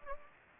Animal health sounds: mosquito wingbeat signal from an infrared sensor; Anopheles gambiae

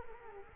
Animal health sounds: mosquito wingbeat signal from an infrared sensor; Culex quinquefasciatus

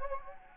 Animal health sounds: mosquito wingbeat signal from an infrared sensor; Anopheles gambiae

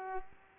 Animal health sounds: mosquito wingbeat signal from an infrared sensor; Culex pipiens

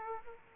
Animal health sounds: mosquito wingbeat signal from an infrared sensor; Aedes aegypti

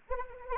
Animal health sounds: mosquito wingbeat signal from an infrared sensor; Anopheles arabiensis

